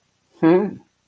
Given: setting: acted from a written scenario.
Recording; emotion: vocal sound without words; desire